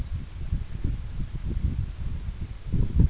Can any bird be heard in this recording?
no